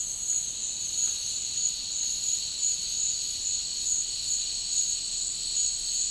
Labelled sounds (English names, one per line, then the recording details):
none
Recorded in dense forest near Puerto Asís, Putumayo, Colombia, on 13 March 2025 at 12:00
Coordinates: 0.485, -76.318
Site G056